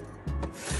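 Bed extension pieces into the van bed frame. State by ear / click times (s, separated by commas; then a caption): not seated / none. Bed extension pieces are being put into a camper van's bed frame during bed setup, giving rubbing, scraping handling noise with low thumping bursts and a brief sharp tap near 0.4 s. The pieces are still being handled, and nothing has locked into place yet.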